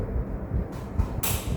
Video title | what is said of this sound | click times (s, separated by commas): Nafas Lega dimulai dari Tarikan yang Tepat- Dry Powder Inhaler dengan Spacer | sampai dia mengiklik lagi. Jadi | 1.2 s